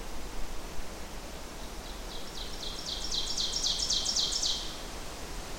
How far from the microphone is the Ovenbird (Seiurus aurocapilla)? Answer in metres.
about 25 m